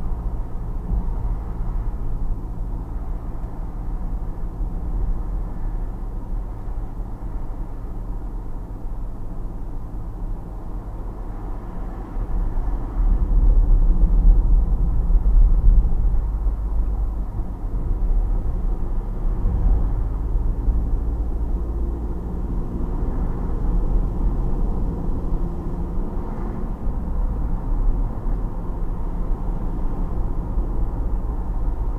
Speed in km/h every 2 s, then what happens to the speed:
42, 40, 40, 40, 38, 37, 38, 38, 37, 37, 40, 42, 48, 53, 55, 55.
0-18 steady at about 38. 18-32 speeds up to 55.